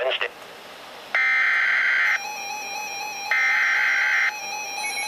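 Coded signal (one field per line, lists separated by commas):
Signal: Emergency Alert System (SAME) tones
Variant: header bursts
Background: speech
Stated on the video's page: Severe thunderstorm warning EAS alert from weather radio station KEC60, Milwaukee.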